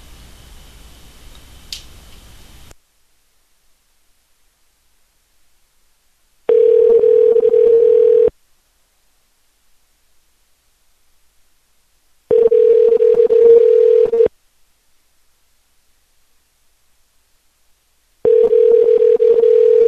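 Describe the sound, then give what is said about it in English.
A telephone ringback tone on an outgoing call: three steady, mid-pitched tones of about two seconds each, separated by roughly four seconds of silence, after a brief burst of line noise. “That sounds all weird with the ring.”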